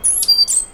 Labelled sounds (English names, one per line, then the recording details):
Stitchbird song
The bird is a male
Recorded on Tiritiri Matangi Island, New Zealand, in 2005
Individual 1, of nest box 1